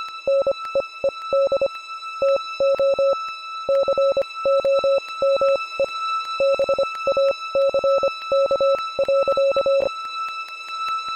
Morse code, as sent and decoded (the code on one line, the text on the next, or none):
-. . . -.. / - --- / -.-. --- -- . / -... .- -.-. -.- .-.-.-
NEED TO COME BACK.